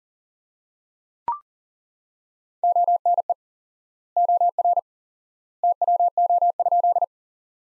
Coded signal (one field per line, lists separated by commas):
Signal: Morse code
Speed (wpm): 40 wpm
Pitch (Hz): 700 Hz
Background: none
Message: ONE OR TWO?